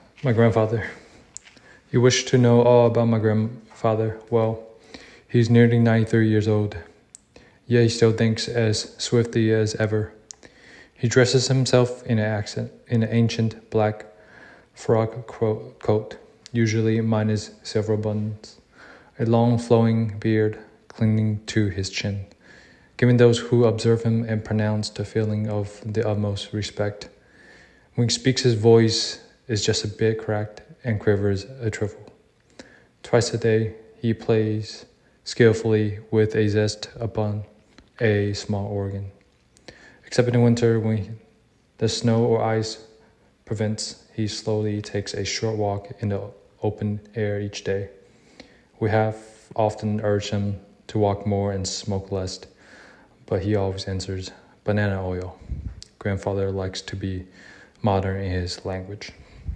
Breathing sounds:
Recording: reading aloud after running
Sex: male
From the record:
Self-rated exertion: light exertion (2 of 6)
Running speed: 6 miles an hour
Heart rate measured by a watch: 78 beats a minute at the start, 80 at the end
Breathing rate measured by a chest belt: 17 breaths a minute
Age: 27 years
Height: 185 cm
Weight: 76 kg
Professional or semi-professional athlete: no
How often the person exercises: over 5 times a week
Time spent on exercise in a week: over 5 hours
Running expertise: no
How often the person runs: over 5 times a week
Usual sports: running, weight training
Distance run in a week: 65 km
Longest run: 42 km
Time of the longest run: 214 minutes

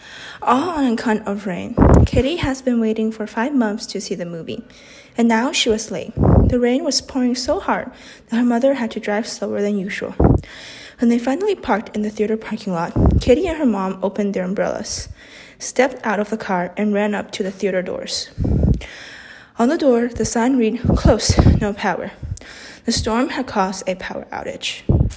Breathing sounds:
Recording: reading aloud after running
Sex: female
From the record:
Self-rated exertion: moderate exertion (3 of 6)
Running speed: 5 miles an hour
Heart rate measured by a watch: 151 beats a minute at the start, 141 at the end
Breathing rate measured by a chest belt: 12 breaths a minute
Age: 18 years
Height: 171 cm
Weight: 75 kg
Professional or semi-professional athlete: no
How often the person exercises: 1 to 2 times a week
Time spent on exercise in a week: under 1 hour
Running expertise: no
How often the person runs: 1 to 2 times a week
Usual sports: running, fencing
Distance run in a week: 3 km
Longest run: 21.3 km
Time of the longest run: 190 minutes

